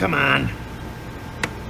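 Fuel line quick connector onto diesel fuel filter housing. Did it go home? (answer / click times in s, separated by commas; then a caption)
yes / 1.4 s. After its dry O-ring is lubed with motor oil, a plastic quick-connect fuel line connector is pushed onto the diesel fuel filter housing fitting of a 6.7 Powerstroke while someone talks. A sharp click at 1.4 s marks the connector snapping home, fully seated.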